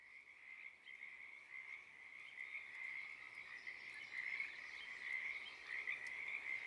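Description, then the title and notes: Pacific tree frogs in chorus, a dense rattling trill of overlapping croaks that swells slightly louder toward the end, with no other clear sounds. Wild chorus starting and stopping, field recording, Oaks Bottom Wildlife Refuge, Portland, Oregon, USA, morning of Friday April 7 2023; calling uncommon at that time of day. "Oaks Bottom Frogs. Friday April 7th, 2023 at one of my favorite places in the universe: Oaks Bottom Wildlife Refuge, Portland, Oregon USA. This is the chorus of the Pacific Tree Frog starting and stopping. Field Sound"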